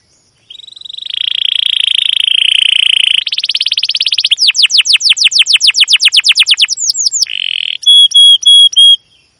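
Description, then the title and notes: Domestic canary song: a long rolling trill, then a rapid series of sweeping notes, a brief buzzy trill, and ends with clipped high whistled notes. Domestic canary with long, energetic chirping song, used as a lure recording to train and tutor young canaries learning song. "CUIT CUIT NGEROL LANGSUNG GACOR PANJANG Kenari Ini AMPUH Utk Pancingan KENAR. PANCINGAN Kenari GACOR PANJANG Cuit CUIT EMOSI ini AMPUH utk MASTERAN Kenari PAUD belajar BUNYI. burung kenari"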